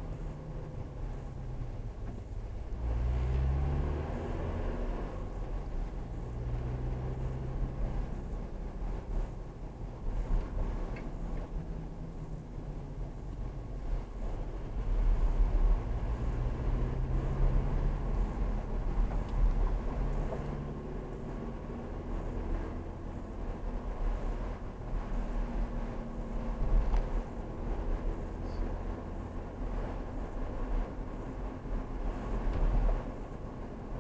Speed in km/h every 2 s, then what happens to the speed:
24, 34, 37, 39, 35, 29, 27, 37, 42, 44, 50, 48, 47, 50, 53, 52, 52.
0-5 speeds up to 39. 5-12 slows to 27. 12-20 speeds up to 50. 24-28 speeds up to 53. 28-34 steady at about 52.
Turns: 6-15.